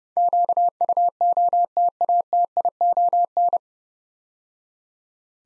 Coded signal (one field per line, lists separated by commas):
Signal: Morse code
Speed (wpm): 30 wpm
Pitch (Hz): 700 Hz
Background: none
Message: QUOTATION